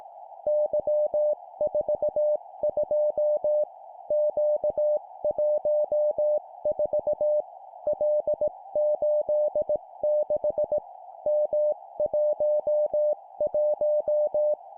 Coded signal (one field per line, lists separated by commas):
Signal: Morse code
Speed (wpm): 18 wpm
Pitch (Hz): 600 Hz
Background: music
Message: Y42 Q14 L86 M11